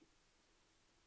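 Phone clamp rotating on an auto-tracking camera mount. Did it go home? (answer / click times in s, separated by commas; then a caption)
no / none. A phone clamp holding an iPhone 13 Pro Max is being rotated on an auto-tracking camera mount. Only a quiet, steady low-level hiss is heard, with a faint soft bump at the very start. Nothing has locked or clicked into place yet.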